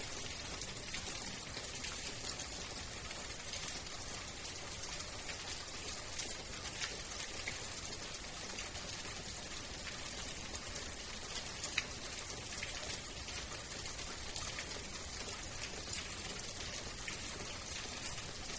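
Gentle rain patters steadily and densely throughout, bright, with a single sharper tap just before the twelve-second mark.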